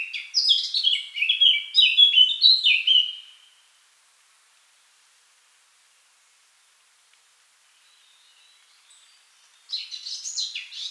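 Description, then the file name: Eurasian blackcap song: a loud, fluty warbled phrase of sliding whistles, a long silent pause, then a fresh scratchy burst beginning again. "Sylvia atricapilla"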